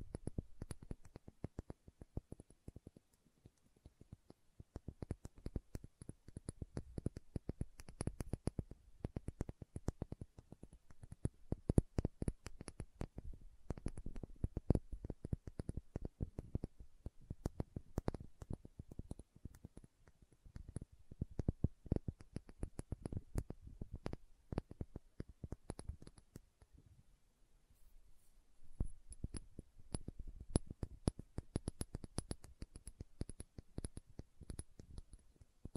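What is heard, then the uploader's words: Bottle tapping in quick, irregular bursts of light clicks and knocks, nearly continuous with a few short pauses, over a faint steady high whine. Bottle Tapping.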